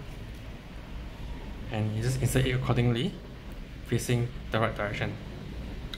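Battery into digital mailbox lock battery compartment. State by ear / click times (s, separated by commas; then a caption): not seated / none. A battery is being inserted plus side up into the battery compartment of a digital mailbox lock while someone talks. A brief sharp transient comes right at the end. The battery has not seated or clicked into place yet.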